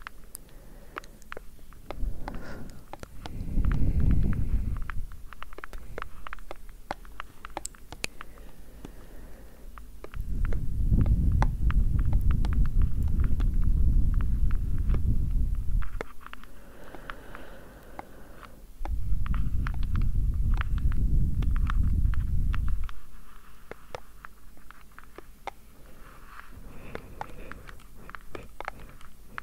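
Gentle tapping runs throughout as light, scattered clicks, irregular and fairly dense. Long, low breaths of blowing rise and fall over it, about four of them, the strongest lasting several seconds around the middle, with quieter tapping-only gaps between.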